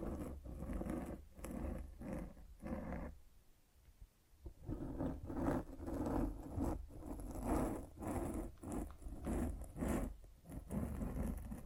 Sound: Mic Scratching